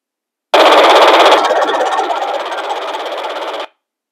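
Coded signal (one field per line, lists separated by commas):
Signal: digital voice data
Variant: DMR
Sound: harsh buzzing digital rasp lasting about three seconds, rapid rhythmic pulsing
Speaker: the mdv 390 on the table here is set to analog but I'm going to go ahead and transmit DMR through it so you can hear what that sounds like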